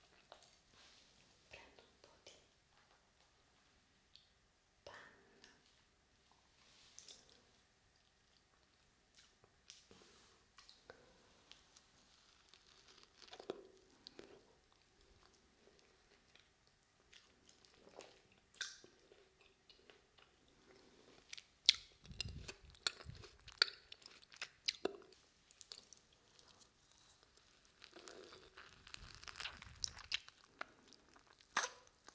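Someone eating, with wet chewing, small clicks and crunchy bites scattered through quiet gaps. The sounds are sparse early on, then grow louder and denser after about twenty seconds, with heavier, thumping bursts near 22 and 30 seconds.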